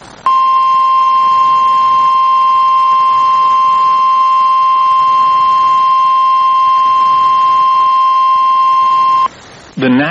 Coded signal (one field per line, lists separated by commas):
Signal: Emergency Alert System (SAME) tones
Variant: 1050 Hz attention tone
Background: speech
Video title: NOAA Weather Radio · WXJ96 Monroe, Louisiana · EAS #5 · Severe Thunderstorm Warning · 12/28/24